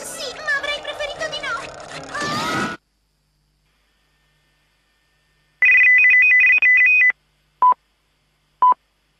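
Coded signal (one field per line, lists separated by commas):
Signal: radio time signal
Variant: RAI SRC time code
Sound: rapid warbling two-tone data chirp, then two short 1 kHz beeps a second apart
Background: cartoon soundtrack before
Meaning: The 1 kHz pips mark the seconds leading to the hour signal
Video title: Cip e ciop agenti speciali errore di segnale orario della rai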